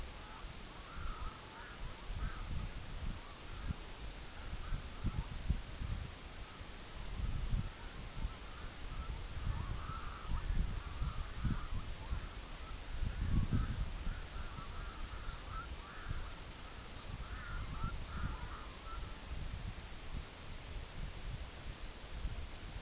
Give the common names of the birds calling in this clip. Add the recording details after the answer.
Red-throated Loon. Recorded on Arctic tundra, site EABA-MC, on 24 June 2019. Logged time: 12:00